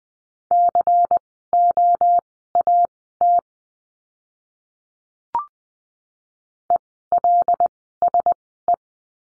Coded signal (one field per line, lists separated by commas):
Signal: Morse code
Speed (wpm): 20 wpm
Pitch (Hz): 700 Hz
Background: none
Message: COAT ELSE